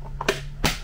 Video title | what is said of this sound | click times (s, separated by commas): Bosch UniversalVac 18 Otomobil Şarjlı 18volt Güçlü Süpürge İncelemesi | and it clicked into place. | 0.3 s